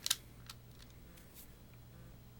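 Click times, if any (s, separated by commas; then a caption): 0.1 s. A small plastic Powermaster partner figure, folded into its engine mode, is pressed into a recess in the back of a plastic Optimus Prime transforming robot toy. Two sharp plastic clicks land close together at about 0.1 s, followed by fainter small ticks at 0.5 s and 0.8 s over a quiet low hum. The partner seats in place, unlocking the robot's hips.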